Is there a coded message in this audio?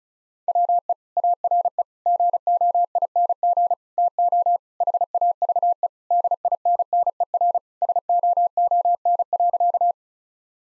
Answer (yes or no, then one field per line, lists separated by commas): yes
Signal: Morse code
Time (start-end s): 0.5-9.9 s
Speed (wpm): 34 wpm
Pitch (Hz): 700 Hz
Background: none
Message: WE ARE GOING TO HAVE DINNER SOON.